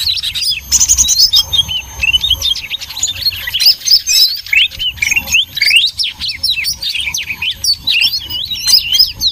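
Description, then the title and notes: Birds in a busy flock, sharp high chirps and upslurred tweets tumbling together in a constant noisy chatter. Noisy bird chorus used as a lure to attract birds. "Master Burung Ribut Durasi Panjang. Burung Ribut Pikat"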